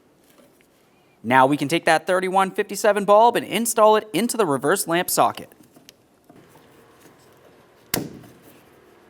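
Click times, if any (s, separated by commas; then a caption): 7.9 s. A 3157 reverse-light wedge bulb is pushed into the plastic reverse lamp socket of a 2005–2010 Dodge Dakota. Someone talks from about 1.2 to 5.4 seconds, followed by quiet handling sounds, then a sharp, loud click at 7.9 seconds as the bulb seats. The bulb is seated and tugged to check that it is secured in place.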